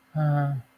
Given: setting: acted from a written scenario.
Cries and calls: vocal sound without words; sadness

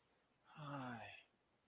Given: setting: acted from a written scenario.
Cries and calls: vocal sound without words; desire

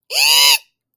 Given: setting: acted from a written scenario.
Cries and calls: vocal sound without words; fear

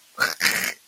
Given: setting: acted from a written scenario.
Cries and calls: vocal sound without words; disgust

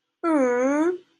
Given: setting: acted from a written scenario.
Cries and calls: vocal sound without words; adoration

